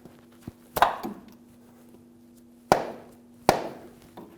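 The inner end of a left front CV axle assembly on a 2003-2008 Honda Pilot is struck with a soft face mallet, producing sharp knocks at about 0.8, 2.7 and 3.5 seconds. On the blow at 3.5 seconds, the axle's retaining clip pops into the transmission and the axle is seated.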